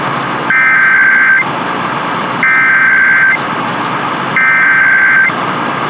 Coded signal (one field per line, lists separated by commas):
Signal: Emergency Alert System (SAME) tones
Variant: header bursts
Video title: Tennessee RMT on WSM (6/9/21)(EAS 732)